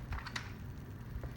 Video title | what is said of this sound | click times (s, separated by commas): Maxi cosi adora | again and then your car seat will click right in and | 0.1 s, 0.4 s